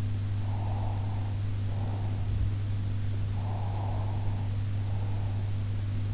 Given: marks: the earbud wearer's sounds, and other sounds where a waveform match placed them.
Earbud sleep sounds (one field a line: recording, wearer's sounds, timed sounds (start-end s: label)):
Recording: sounds in sleep by an in-ear microphone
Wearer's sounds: breath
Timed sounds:
0.38-2.32 s: breath
3.32-5.43 s: breath